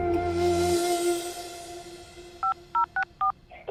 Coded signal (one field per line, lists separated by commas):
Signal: DTMF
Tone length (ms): 120 ms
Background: music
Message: 5064